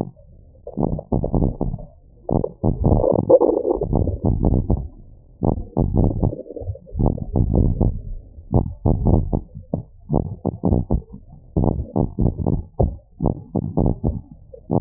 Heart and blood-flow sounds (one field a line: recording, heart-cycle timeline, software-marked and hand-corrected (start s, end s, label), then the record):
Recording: heart sounds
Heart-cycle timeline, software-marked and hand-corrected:
not marked
From the record:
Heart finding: abnormal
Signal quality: poor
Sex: male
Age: 72 years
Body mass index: 30.3